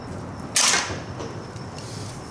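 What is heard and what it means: The metal end of a Yamaha Banshee ATV clutch cable is pushed with a screwdriver into its holder at the clutch lever. A sharp, bright knock-and-scrape burst at about 0.6 s lasts roughly 0.2 s, followed by fainter knocks and scrapes over low background noise. Nothing has seated or clicked yet, and the cable end is not fully seated.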